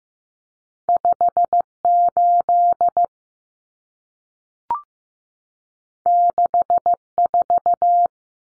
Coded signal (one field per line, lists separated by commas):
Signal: Morse code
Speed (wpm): 15 wpm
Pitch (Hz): 700 Hz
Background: none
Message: 58 64